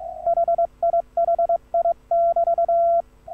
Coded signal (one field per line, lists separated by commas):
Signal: Morse code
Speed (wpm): 24 wpm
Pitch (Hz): 680 Hz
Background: none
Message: HIHI<BT>